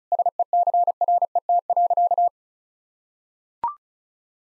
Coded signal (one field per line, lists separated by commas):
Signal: Morse code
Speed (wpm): 34 wpm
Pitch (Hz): 700 Hz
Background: none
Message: SECRET.